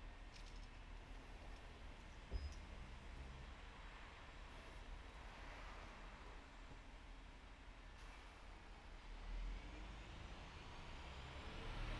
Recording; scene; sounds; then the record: everyday scene through a hearing-aid microphone; in traffic; traffic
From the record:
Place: bus stop on a city main road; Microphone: behind the ear, right, front